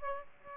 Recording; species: mosquito wingbeat signal from an infrared sensor; Aedes aegypti